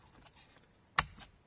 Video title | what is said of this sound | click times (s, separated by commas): PFI Car Styling Kerownica do Ford Edge | Wszystko wpinamy. Jak słychać klik, to znaczy jest dobrze. | 1.0 s